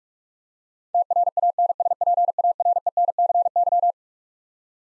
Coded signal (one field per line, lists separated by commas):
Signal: Morse code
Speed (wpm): 41 wpm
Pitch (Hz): 700 Hz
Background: none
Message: TRANSPARENCY